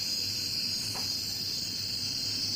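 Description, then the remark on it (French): A faint, steady high-pitched insect hiss in the New Guinea soundscape, a continuous shushing buzz that holds without pause for the whole stretch, with no voices and only a low background rumble beneath it. “Alors vous n'allez pas entendre le son du mâle, c'est des hautes fréquences, et on les entend un tout petit peu, c'est une espèce de chuintement.”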